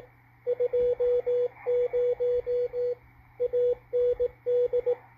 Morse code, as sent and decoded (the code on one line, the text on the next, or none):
..--- ----- / .- -. -..
20 AND